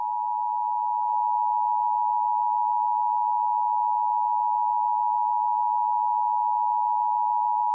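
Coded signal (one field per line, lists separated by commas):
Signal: Emergency Alert System (SAME) tones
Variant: 853 and 960 Hz attention tone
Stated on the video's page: Fictional mock alert scenario made with editing software and text-to-speech; entirely fake.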